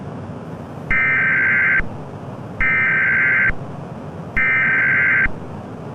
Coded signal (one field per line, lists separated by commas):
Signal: Emergency Alert System (SAME) tones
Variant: header bursts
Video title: EAS Scenario - The New Darkness (New Year Special)